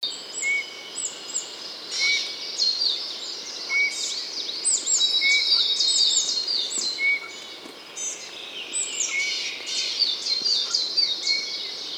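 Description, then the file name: Eurasian bullfinch giving short, soft, level piping whistles, repeated every second or two, beneath a dense, busy chorus of higher twittering songbirds. "Pyrrhula pyrrhula"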